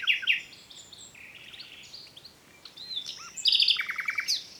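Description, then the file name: Common nightingale song: varied whistles and slurred notes, ending in a fast series of repeated notes. "Luscinia megarhynchos"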